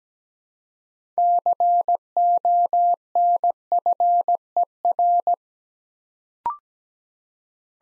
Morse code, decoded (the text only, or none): CONFER